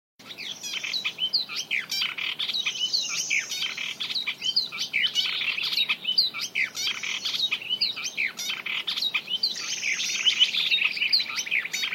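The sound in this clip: Birds calling nonstop, many rapid high chirps and twitters overlapping in a thick, continuous chorus throughout.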